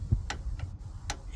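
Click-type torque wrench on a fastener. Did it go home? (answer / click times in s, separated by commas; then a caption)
yes / 0.3 s, 1.1 s. A click-type torque wrench set to nine tightens a fastener until it breaks over, the subtle, hard-to-gauge click of the wrench reaching its setting. Sharp broadband clicks sound at 0.3 s and 1.1 s, with fainter ticks near 0.6 s and at the very end over a low rumble. The wrench is confirmed to click at its setting.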